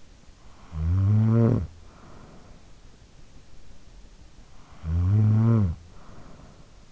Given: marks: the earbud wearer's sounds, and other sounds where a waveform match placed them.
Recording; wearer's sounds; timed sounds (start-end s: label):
sounds in sleep by an in-ear microphone; snoring breath
0.20-2.91 s: snoring breath
3.97-6.92 s: snoring breath